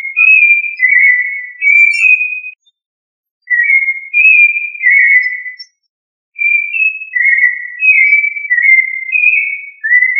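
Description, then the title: Thrush song of clear whistled phrases, each a run of short sliding notes stepping up and down, with brief silent gaps between phrases; no other sounds. "Familia Turdidae - Sabia"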